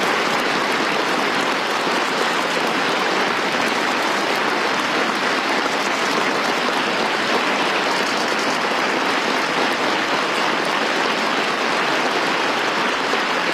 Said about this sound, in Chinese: 为建立保卫建设新中国，为国防和军队建设做出突出贡献的驻京部队老干部，在中国剧院欢聚一堂，喜迎新春佳节。下午4时许，习近平来到老同志中间，全场响起热烈掌声。